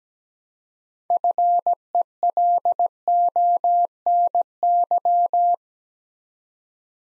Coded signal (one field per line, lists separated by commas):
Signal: Morse code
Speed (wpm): 17 wpm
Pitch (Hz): 700 Hz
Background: none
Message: FELONY